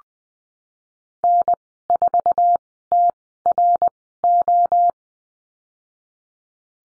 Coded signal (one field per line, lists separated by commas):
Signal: Morse code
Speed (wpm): 20 wpm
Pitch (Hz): 700 Hz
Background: none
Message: N4TRO